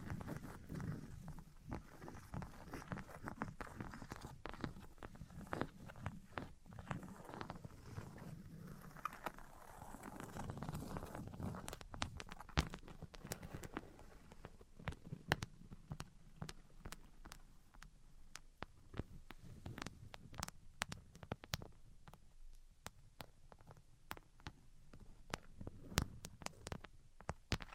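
Tapping, scratching and tracing sounds: quick, sharp taps fall irregularly throughout, sometimes in dense bursts. Soft scratchy rubbing and a low rumbling texture fill the first half, easing after about fifteen seconds, leaving mostly crisp, scattered taps toward the end.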